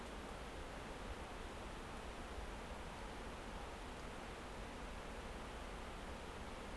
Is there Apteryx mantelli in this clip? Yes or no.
no